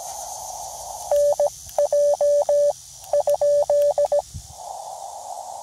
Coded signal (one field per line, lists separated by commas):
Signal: Morse code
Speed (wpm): 17 wpm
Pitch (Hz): 580 Hz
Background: none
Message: NJ ?